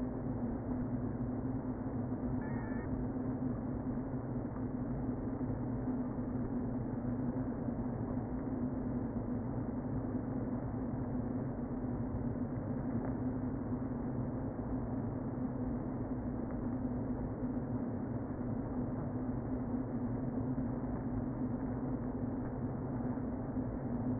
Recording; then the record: honeybee colony, microphone inside the hive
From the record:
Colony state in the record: queen present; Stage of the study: before two queens were removed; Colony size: about 60,000 bees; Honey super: yes